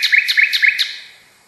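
Nightingale: four quick, evenly spaced bright high chirps, most followed by a lower note, in a brief clean phrase.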